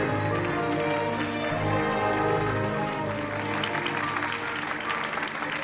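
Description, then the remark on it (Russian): Sustained audience applause at a fashion show as a model in a wedding dress comes out: a dense, steady wash of many hands clapping at once, loud and even throughout with no talking over it. “Выходит модель в свадебном платье. Все аплодируют.”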